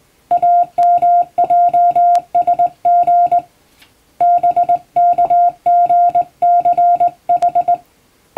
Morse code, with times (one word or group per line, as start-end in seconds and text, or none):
0.3-3.4 AMJSG
4.2-7.7 BKGCH